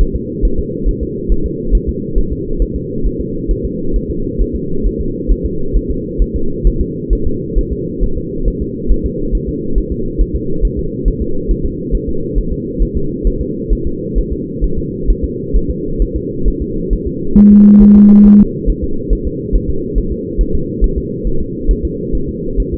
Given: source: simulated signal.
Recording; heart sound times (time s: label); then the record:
fetal heart sounds
0.01 s: S1
0.16 s: S2
0.45 s: S1
0.59 s: S2
0.89 s: S1
1.03 s: S2
1.32 s: S1
1.46 s: S2
1.75 s: S1
1.89 s: S2
2.18 s: S1
2.33 s: S2
2.62 s: S1
2.76 s: S2
3.06 s: S1
3.21 s: S2
3.51 s: S1
3.65 s: S2
3.96 s: S1
4.10 s: S2
4.41 s: S1
4.56 s: S2
4.87 s: S1
5.01 s: S2
5.31 s: S1
5.46 s: S2
5.76 s: S1
5.91 s: S2
6.22 s: S1
6.36 s: S2
6.67 s: S1
6.81 s: S2
7.13 s: S1
7.27 s: S2
7.58 s: S1
7.73 s: S2
8.03 s: S1
8.18 s: S2
8.48 s: S1
8.62 s: S2
8.92 s: S1
9.06 s: S2
9.35 s: S1
9.49 s: S2
9.78 s: S1
9.92 s: S2
10.21 s: S1
10.36 s: S2
10.65 s: S1
10.79 s: S2
11.08 s: S1
11.22 s: S2
11.51 s: S1
11.66 s: S2
11.95 s: S1
12.09 s: S2
12.38 s: S1
12.53 s: S2
12.83 s: S1
12.97 s: S2
13.27 s: S1
13.41 s: S2
13.73 s: S1
13.87 s: S2
14.18 s: S1
14.33 s: S2
14.64 s: S1
14.79 s: S2
15.10 s: S1
15.25 s: S2
15.56 s: S1
15.71 s: S2
16.02 s: S1
16.16 s: S2
16.48 s: S1
16.62 s: S2
16.93 s: S1
17.07 s: S2
17.38 s: S1
17.52 s: S2
17.82 s: S1
17.97 s: S2
18.26 s: S1
18.40 s: S2
18.70 s: S1
18.84 s: S2
19.13 s: S1
19.27 s: S2
19.56 s: S1
19.70 s: S2
19.98 s: S1
20.12 s: S2
20.41 s: S1
20.55 s: S2
20.84 s: S1
20.98 s: S2
21.27 s: S1
21.41 s: S2
21.71 s: S1
21.85 s: S2
22.15 s: S1
22.29 s: S2
22.60 s: S1
22.74 s: S2
From the record:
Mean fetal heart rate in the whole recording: 135 bpm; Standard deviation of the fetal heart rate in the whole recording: 3 bpm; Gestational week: 36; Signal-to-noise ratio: -8.1 dB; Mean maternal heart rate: 72 bpm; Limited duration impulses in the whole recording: present